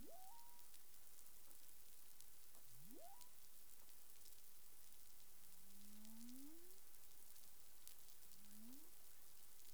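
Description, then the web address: Humpback whale calls: tonal upsweeps rising steeply from low moans into higher whoops, plus slower rising moans, spaced a few seconds apart over a steady hiss of underwater noise. Recorded in the Caribbean on 20 April 2021 at 04:26 UTC. "CARIMAM. humpback whale"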